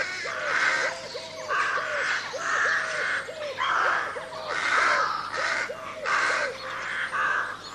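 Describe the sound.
Crows cawing in harsh bursts roughly once a second, over a steady run of lower arched ringing notes repeated through most.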